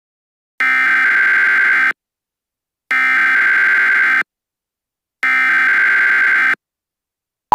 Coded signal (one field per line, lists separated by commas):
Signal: Emergency Alert System (SAME) tones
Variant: header bursts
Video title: Eas scenario: The Fungi (This is BUNS. View the new one inspired off of this)